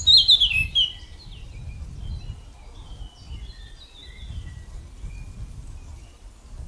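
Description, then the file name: Eurasian blackcap giving a brief, rapid, high warbling burst at the start, followed by faint scattered notes over a low background rumble. "Sylvia atricapilla"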